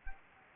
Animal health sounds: mosquito wingbeat signal from an infrared sensor; Anopheles gambiae

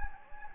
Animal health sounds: mosquito wingbeat signal from an infrared sensor; Anopheles gambiae

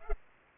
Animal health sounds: mosquito wingbeat signal from an infrared sensor; Culex pipiens

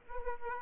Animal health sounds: mosquito wingbeat signal from an infrared sensor; Aedes aegypti

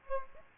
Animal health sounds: mosquito wingbeat signal from an infrared sensor; Aedes aegypti

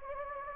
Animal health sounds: mosquito wingbeat signal from an infrared sensor; Anopheles gambiae

